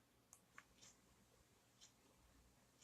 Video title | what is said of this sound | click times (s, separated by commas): Oils 101 Sept 2018 | It doesn't click. | none